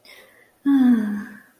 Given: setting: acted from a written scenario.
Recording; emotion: vocal sound without words; romantic love